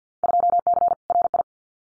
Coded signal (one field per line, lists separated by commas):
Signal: Morse code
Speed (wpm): 50 wpm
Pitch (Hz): 700 Hz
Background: none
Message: 2C RI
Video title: Field Day Exchange Encore 50wpm